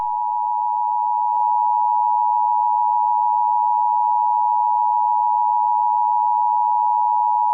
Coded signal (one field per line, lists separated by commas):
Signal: Emergency Alert System (SAME) tones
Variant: 853 and 960 Hz attention tone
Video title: EAS Scenario #52: Winter Storm Of the Century: P1 (READ DESCRIPTION)